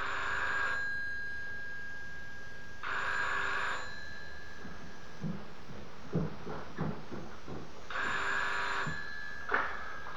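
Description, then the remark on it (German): An old rotary telephone in a telephone booth rings in steady, buzzy bursts about a second long, broken up by a run of quick mechanical clicks and ratchets as the dial is turned to dial a number and spins back. “An ihn denkt sie sehr intensiv, als sie jetzt in der Telefonzelle die Nummer dreht.”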